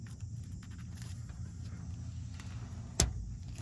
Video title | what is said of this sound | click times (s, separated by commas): ARB Differential Breather Kit Unboxing and Installation in 5th Gen Toyota 4Runner Off Road | Now when it goes in, you just hear a snap. | 3.0 s